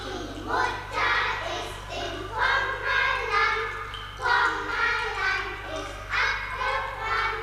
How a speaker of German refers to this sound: Drüben spielen Kinder. Sie geben sich die Hand. Einem Kind sind mit einem Tuch die Augen verbunden. Sie spielen blinde Kuh. Weiter drüben tanzen sie Ringelreihen und singen ein Lied. Hören Sie?